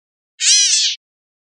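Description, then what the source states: Bird giving a single short, nasal, mewing note, about half a second long, with silence before and after. Calls; Costa Rica.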